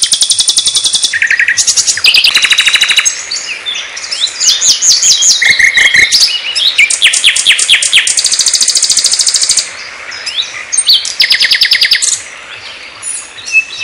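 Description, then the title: Flycatcher song of fast, high-pitched chattering trills and buzzy bursts, delivered almost without pause and varying in pitch. Song used as training material (masteran) for songbirds; full-speed, tight rapid-fire 'tembakan' song style. "Suara Burung Sikatan Londo Masteran Tembakan Full Speed Rapet"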